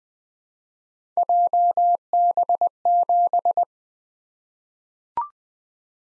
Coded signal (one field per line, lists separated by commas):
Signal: Morse code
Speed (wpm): 20 wpm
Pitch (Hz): 700 Hz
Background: none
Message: JB7